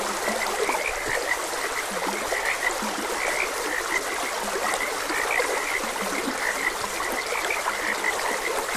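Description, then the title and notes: Frogs croak in a busy overlapping chorus, some lower croaks audible beneath the main high band, with trickling stream water throughout. Frogs croaking beside a gentle stream. "Gentle Stream and Frogs Croaking. Sleep and Relaxation Podcast"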